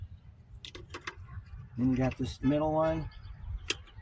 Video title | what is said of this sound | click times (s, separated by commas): Buick ECM stuff: Removal and MEM-CAL things | There, that one clicked. | 3.7 s